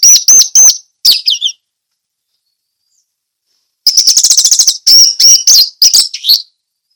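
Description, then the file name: Orange-headed thrush singing bright, high whistled notes, then after a short silence a fast stuttering trill flowing into clear repeated whistles. Song of the anis merah in the ngeplong teler style. "suara anis merah ngeplong teler"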